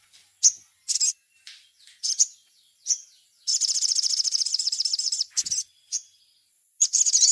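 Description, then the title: Little spiderhunter: scattered sharp high chips, then a long fast buzzy trill lasting about two seconds. More chips and a final trill follow, with a thin steady high tone throughout. Training song, described as labaik. "Masteran Burung Sogok Ontong Labaik"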